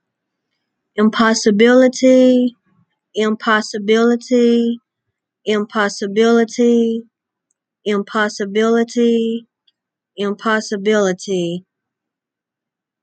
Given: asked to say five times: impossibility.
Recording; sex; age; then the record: repeated word; female; 20 to 29 years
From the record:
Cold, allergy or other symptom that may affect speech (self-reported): no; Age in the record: 29 years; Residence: North Carolina, United States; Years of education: 12